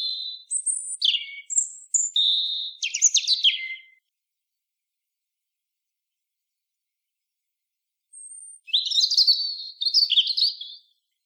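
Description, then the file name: European robin with a lively phrase of high whistles and rattling trills, a pause, then another fast warbling phrase. "Erithacus rubecula"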